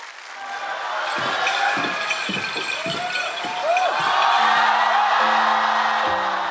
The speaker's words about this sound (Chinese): 有请下一位正当好年华的歌手，掌声有请。